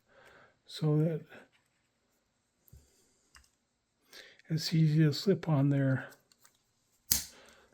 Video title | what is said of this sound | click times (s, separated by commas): How to Service a Zebco Omega 181 | There we go. Snaps right in place. | 7.1 s